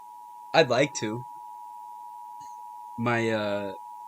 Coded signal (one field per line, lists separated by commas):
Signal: Emergency Alert System (SAME) tones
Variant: 853 and 960 Hz attention tone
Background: speech